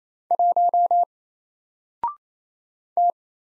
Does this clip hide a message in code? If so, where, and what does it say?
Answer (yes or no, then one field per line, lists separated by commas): yes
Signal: Morse code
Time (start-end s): 0.3-3.1 s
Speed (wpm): 27 wpm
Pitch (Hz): 700 Hz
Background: none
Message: 1 T